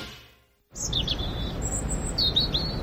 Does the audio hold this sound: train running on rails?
no